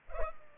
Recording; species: mosquito wingbeat signal from an infrared sensor; Culex pipiens